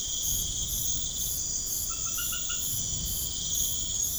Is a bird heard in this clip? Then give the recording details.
no. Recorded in pastures near Puerto Asís, Putumayo, Colombia, on 21 March 2025 at 21:00. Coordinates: 0.505, -76.324. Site GP08